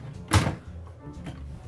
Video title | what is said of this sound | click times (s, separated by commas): 1968 Smith Corona Super Sterling Typewriter | it's locked into place now | 0.3 s